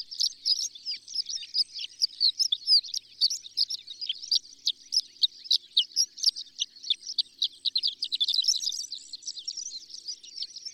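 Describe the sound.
Horned lark song, a continuous high tinkling and twittering stream of fast, jumbled notes that keeps going without a break.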